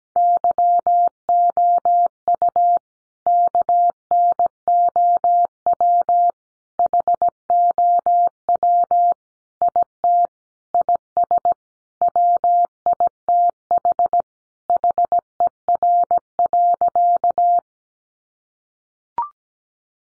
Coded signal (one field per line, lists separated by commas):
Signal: Morse code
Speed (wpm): 17 wpm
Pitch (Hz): 700 Hz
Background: none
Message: YOU KNOW HOW IT IS WITH HER.